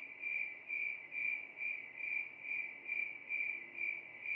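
Cricket chirping, a steady high trilled tone pulsing about twice per second in even swells, with faint low background hiss.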